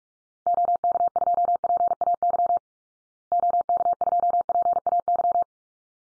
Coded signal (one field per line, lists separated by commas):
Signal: Morse code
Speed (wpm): 44 wpm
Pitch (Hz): 700 Hz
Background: none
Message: OK2PAY OK2PAY